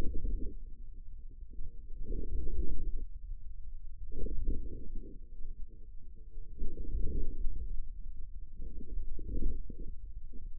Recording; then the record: forearm muscle sounds (acoustic myography)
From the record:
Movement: inward rotation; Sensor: system 2, bracelet of six BSWA MPA416 microphones around the upper forearm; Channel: 2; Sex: male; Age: 22 years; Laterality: right